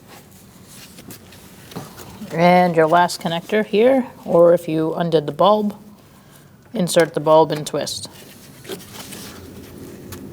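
A bulb socket is handled at the headlight housing of a 2000-2006 Mini Cooper 1.6L L4, with a few faint handling sounds while someone talks about inserting the bulb and twisting it. Nothing has seated or clicked yet when the clip ends.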